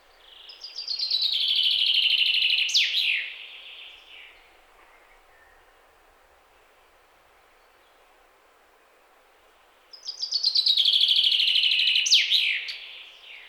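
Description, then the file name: Common chaffinch singing two full phrases about nine seconds apart, each a rapid descending series of notes closing with a quick flourish, with quiet in between. "Fringilla coelebs"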